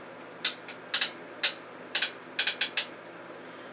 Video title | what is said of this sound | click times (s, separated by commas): Brother PRS 100 Brother Hat Hoop Unbox & Set-Up | as i push it down you're going to hear some clicking | 0.5 s, 0.9 s, 2.0 s, 2.4 s, 2.6 s